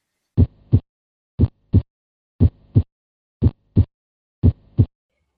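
Five regular lub-dub pairs at about 60 beats a minute from an adult heart heard by stethoscope: normal first and second heart sounds. The first sound comes mainly from closure of the atrioventricular valves, the mitral and tricuspid; the second from closure of the semilunar valves.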